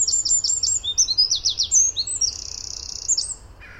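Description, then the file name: Eurasian wren song, piercingly high and fast: rapid repeated notes break into rolling trills and end in a dry buzzing rattle, with steady low background rumble. "Gardsmyg"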